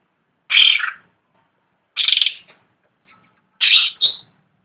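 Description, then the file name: Black-and-white bulbul song: three harsh, chattering high-pitched bursts about one and a half seconds apart, the last split into two quick parts. Lure recording used to attract birds; local name cucak rante. "suara burung cucak rante untuk pancingan omkicau"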